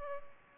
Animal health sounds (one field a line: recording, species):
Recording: mosquito wingbeat signal from an infrared sensor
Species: Culex pipiens